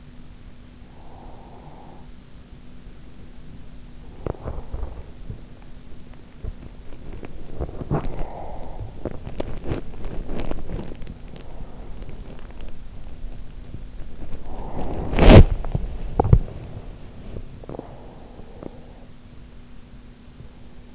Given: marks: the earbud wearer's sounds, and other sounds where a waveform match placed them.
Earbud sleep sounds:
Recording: sounds in sleep by an in-ear microphone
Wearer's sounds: breath, teeth grinding, body movement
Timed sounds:
0.87-2.05 s: breath
4.18-5.44 s: teeth grinding
6.08-14.46 s: teeth grinding
8.26-8.92 s: breath
14.46-19.03 s: body movement

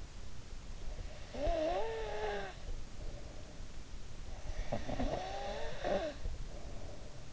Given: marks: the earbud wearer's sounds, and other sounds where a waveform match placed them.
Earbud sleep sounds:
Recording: sounds in sleep by an in-ear microphone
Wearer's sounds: breath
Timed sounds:
0.90-4.01 s: breath
4.23-7.33 s: breath

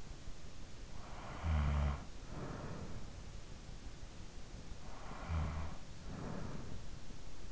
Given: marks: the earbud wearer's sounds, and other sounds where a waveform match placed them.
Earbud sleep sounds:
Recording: sounds in sleep by an in-ear microphone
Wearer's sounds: snoring breath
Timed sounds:
0.56-3.59 s: snoring breath
4.26-7.51 s: snoring breath

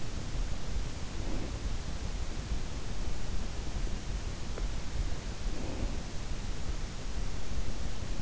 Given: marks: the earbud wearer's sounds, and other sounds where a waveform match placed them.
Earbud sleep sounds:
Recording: sounds in sleep by an in-ear microphone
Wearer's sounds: breath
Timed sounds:
0.60-1.96 s: breath
5.00-6.29 s: breath

